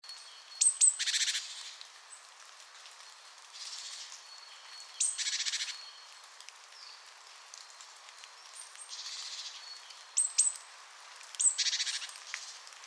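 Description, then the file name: Great tit scolding calls: short high sharp notes, each followed by a harsh, buzzy churr, in bursts every few seconds over a faint hiss. "Parus major"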